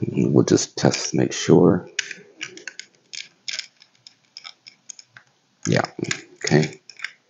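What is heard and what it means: Someone talks while a plastic housing piece is handled against the body of a GE Jasco Z-Wave smart wall switch during reassembly after a repair, producing a few light clicks and taps between the bursts of speech. The piece has not yet snapped into place; nothing has seated by the end of the clip.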